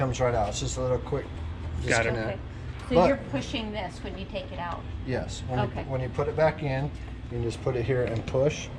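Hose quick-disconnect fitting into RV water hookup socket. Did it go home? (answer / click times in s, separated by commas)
no / none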